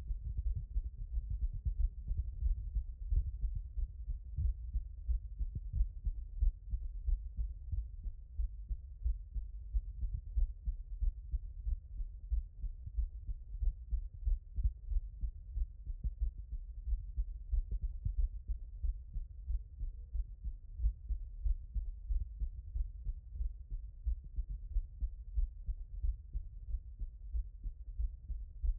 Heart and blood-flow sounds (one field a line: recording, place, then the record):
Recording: heart sounds by stethoscope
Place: tricuspid valve (TV)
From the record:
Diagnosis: non-HFrEF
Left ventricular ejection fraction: 47%